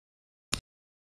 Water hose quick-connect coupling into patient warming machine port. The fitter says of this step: connect the hoses to the machine on one end by connecting metal to metal listen for the click